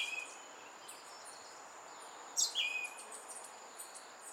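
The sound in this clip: Western red-legged thrush call: a single thin, steeply falling squeak, over a continuous shrill insect hum and soft background ticks.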